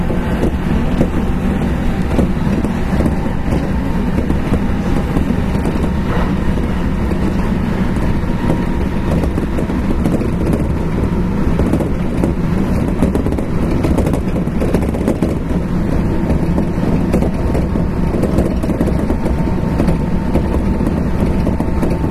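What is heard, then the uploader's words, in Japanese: A 1220-series electric train on the Nara Line express is rolling along with a steady, dense low rumble that fills the whole stretch without a break. Faint tones hum through the middle, and the loudness stays even throughout, with no distinct clanks or announcements standing out. 近畿日本鉄道1220系列電車の走行音です。奈良線の急行列車にて収録しました。区間は、大和西大寺から大阪難波までです。奈良線急行 大和西大寺から大阪難波まで。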